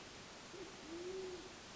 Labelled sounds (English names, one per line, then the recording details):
Band-tailed Pigeon
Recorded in Sonoma County, California